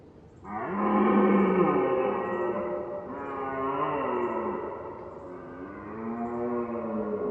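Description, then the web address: Red deer produces a sustained series of moaning roars that rise and fall in pitch, smooth and harmonic. Recorded at far distance. "fvtt-sonniss-gdc-audio red-deer-far-distance-ms"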